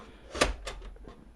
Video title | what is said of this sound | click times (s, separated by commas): Friend Computer Build Custom 2014 | locks in place I'm going to go ahead and put a screw in there to hold it | 0.4 s